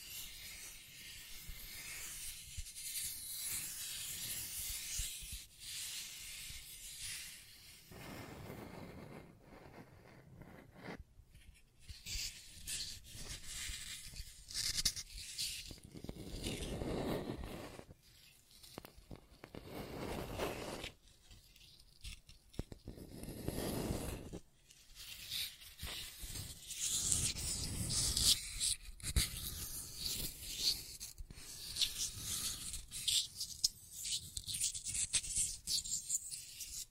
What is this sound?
Scratching and Tracing Sounds